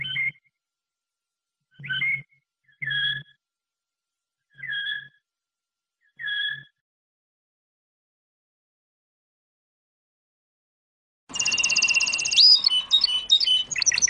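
Domestic canary call notes, a few short two-toned chirps given singly every second or two, then a brief dense burst of rapid warbling song at the end.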